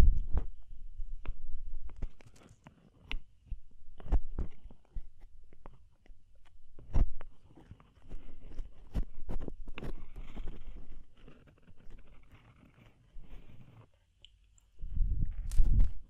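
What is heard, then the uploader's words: Ear cleaning with irregular sharp crackles and taps over soft low rubbing, quiet gaps between bursts, louder scraping near the end. DEEP Ear Penetrating Cleaning (No Talking).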